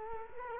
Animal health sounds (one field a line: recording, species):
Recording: mosquito wingbeat signal from an infrared sensor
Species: Culex quinquefasciatus